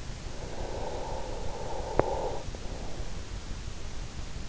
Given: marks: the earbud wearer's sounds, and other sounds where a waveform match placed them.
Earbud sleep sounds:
sounds in sleep by an in-ear microphone; breath
0.21-3.24 s: breath

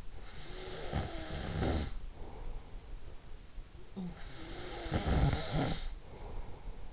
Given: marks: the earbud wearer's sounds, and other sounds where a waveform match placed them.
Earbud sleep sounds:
sounds in sleep by an in-ear microphone; snoring breath
0.15-3.34 s: snoring breath
4.09-6.93 s: snoring breath

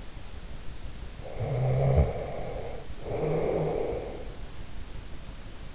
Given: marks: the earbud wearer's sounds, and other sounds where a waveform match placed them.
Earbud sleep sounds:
sounds in sleep by an in-ear microphone; snoring breath
1.15-4.29 s: snoring breath

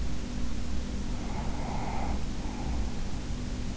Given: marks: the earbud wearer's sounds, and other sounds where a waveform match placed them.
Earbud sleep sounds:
sounds in sleep by an in-ear microphone; breath
1.02-3.45 s: breath

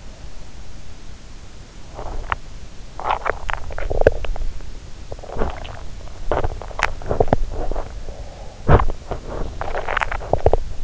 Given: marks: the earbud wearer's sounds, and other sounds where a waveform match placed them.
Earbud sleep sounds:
sounds in sleep by an in-ear microphone; teeth grinding, swallowing, body movement, breath
1.73-3.80 s: teeth grinding
3.80-4.62 s: swallowing
4.97-10.12 s: body movement
6.71-7.55 s: teeth grinding
8.17-9.00 s: breath
9.67-10.84 s: teeth grinding

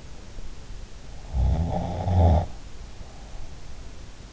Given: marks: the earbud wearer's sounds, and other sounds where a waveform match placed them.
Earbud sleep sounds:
sounds in sleep by an in-ear microphone; snoring breath
1.20-3.98 s: snoring breath

